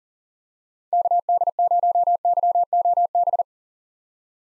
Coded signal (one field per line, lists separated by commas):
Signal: Morse code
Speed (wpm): 40 wpm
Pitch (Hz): 700 Hz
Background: none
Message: KD0YOB